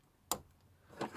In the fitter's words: you push this till it clicks like that